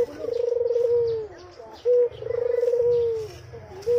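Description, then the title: Barbary dove: a long rolling coo that drops in pitch, then a short coo, then another long purr, with faint background chirps. White Barbary dove; training (masteran) song for songbirds. "Kicau Mania Masteran Burung Puter Putih ORIGINAL"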